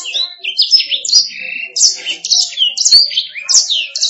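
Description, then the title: Canary song of varied high whistles, slurs and chirps in quick sequence, with a single sharp click. "BM Suara Kenari"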